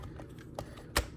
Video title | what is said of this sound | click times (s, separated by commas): Video Review: Fans Hobby MB-22 SKY FLAME | oh there we go you got make sure that locks into place | 1.0 s